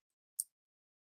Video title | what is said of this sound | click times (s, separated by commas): Making a bracelet of butterflys or lady bugs Let's work on Jewellery 24-06-2026 | they click right into place. | 0.4 s